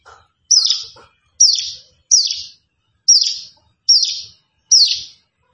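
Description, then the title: Plain prinia singing sharp, raspy high notes that drop in pitch, delivered steadily about once per second. "Ciblek Sawah 1"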